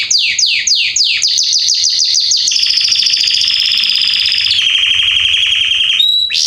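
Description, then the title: Belgian canary song opening with rapid falling notes, then a long buzzy rolling trill that drops slightly in pitch before a final high note. Male Belgian canary named Salsa singing very strongly and a lot; used to warm up young birds. "Canary Training Esquente Seu Filhote E Canario Belga Em 30 Minutos Macho Cantando Muito. Canrio Belga Salsa cantando muito forte"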